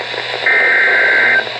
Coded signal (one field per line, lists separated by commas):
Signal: Emergency Alert System (SAME) tones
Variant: header bursts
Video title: Severe Thunderstorm Watch 506 (7/28/22) (EAS 8781)